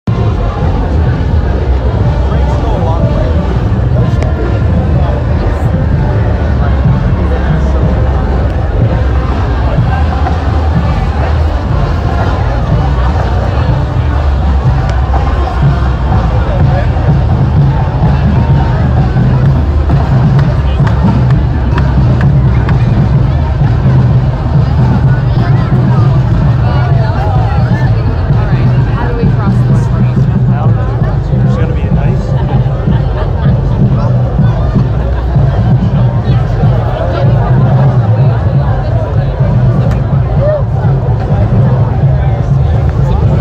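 A parade crowd keeps up a steady, dense hubbub of many voices for the whole stretch, with no pauses. A low rumble, like engines or amplified bass, runs underneath and grows heavier after about fifteen seconds, while scattered shouts and brief bright sounds rise from the din.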